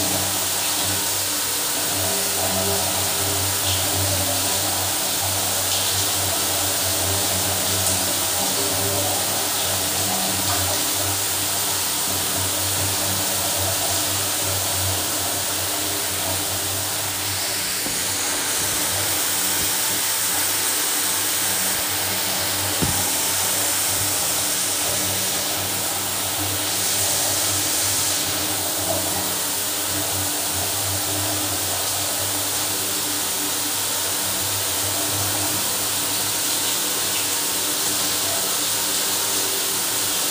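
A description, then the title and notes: A hot shower runs steadily from start to finish, a dense, even hiss of falling water that sits bright. Between about 17 and 29 seconds the spray sharpens briefly as the flow shifts, while a low, constant hum sits underneath throughout. Hot shower in a luxury hotel in San Antonio.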